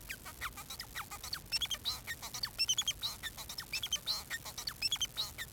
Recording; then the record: song of a male Bengalese finch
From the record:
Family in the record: son of father 4